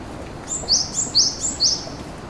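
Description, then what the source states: Bird call: high, thin two-part notes, each dropping from a piercing tone to a slightly lower one, given three times in quick succession over faint background hiss. Shinagawa, March 2008.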